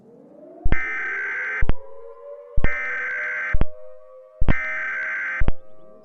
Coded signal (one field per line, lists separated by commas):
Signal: Emergency Alert System (SAME) tones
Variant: header bursts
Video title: EAS Scenario: Narvik Outbreak